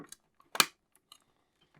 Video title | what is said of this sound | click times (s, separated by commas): Build the LaFerrari 1:8 Scale - Pack 9 - Stages 65-72 | and you heard that click in so now the headline is in place and that is all there is to do in that stage | 0.6 s